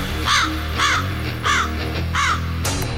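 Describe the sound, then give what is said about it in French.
A bird gives four harsh, evenly spaced caws, each short and raspy, over a steady low background hum, with a brief burst of noise at the end, in spring as the snow melts. “La neige fond, la verdure apparaît, les oiseaux chantent et CKRL prépare sa programmation d'été.”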